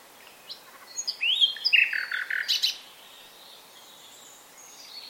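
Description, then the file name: Common nightingale song: one brief phrase of quick chirps and a rich burst of notes, followed by a quiet stretch. "Luscinia megarhynchos"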